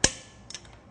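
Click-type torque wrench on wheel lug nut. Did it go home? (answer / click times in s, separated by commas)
yes / 0.0 s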